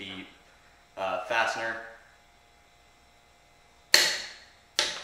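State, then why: Torque reached. A click-type torque wrench slowly tightens a fastener until it breaks over at its preset torque. Someone talks, then a sharp click rings out at 3.9 s as the wrench reaches its set torque, followed by a second click shortly after. The fastener is tightened to the set torque.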